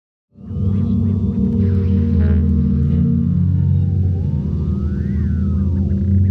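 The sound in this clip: Whale calls: low rumbling moans under tonal whistled sweeps that rise and fall, with one long rising-then-falling glide near the end, over a constant deep background rumble.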